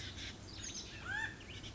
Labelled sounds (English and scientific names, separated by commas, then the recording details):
Pacific Wren (Troglodytes pacificus)
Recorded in Sonoma County, California